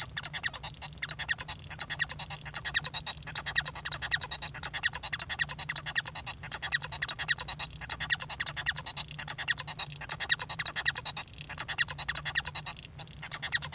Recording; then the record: song of a male Bengalese finch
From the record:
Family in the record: son of father 1